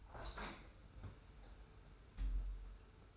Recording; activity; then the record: daily activity, microphone in the room; open window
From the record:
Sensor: 2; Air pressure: 991.1 hPa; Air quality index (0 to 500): 128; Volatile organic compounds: 134 ppm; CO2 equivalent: 3946 ppm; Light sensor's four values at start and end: 37/108/42/41 and 37/107/42/40